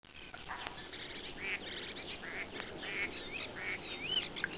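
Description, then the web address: Common starling calls: a busy mix of whistles, squeaky notes and harsh buzzy chatter, with a clear rising whistle near the end over steady background hiss. Recorded in a park. "park voegel star"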